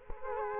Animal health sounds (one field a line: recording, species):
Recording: mosquito wingbeat signal from an infrared sensor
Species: Culex quinquefasciatus